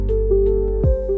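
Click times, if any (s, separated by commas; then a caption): none. A plastic quick-connect coupling on the fuel line is pushed onto the outlet of the fuel pump assembly of a BMW F32/F30 with an N20/N26 engine, with the pump tilted because there is no fuel in it. A steady tonal hum plays throughout, with a brief low, sweeping rumble around 0.8–0.9 s. Nothing has seated or clicked yet.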